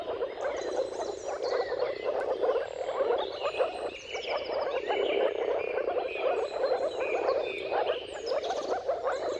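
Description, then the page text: Dense moor frog chorus of many overlapping soft gulping calls. Mating-call chorus of many moor frogs at sunrise, turn of March and April, timing depending on the weather. "Dawn’s Chorus: Mating Calls of Marsh Frogs at Sunrise. Jakub-Orzecki moor frogs. Depending on the weather at the turn of March and April, you can witness an amazing spectacle of moor frogs"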